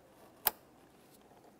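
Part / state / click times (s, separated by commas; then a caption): EVAP hose quick-connector onto purge solenoid valve / seated / 0.5 s. An EVAP hose quick-connector on a 2017-2024 GMC Acadia 3.6L V6 is slid onto the nipple of the emissions canister purge solenoid valve, with one sharp, bright click at 0.5 s over quiet background. The connector is confirmed seated and secured with a tug.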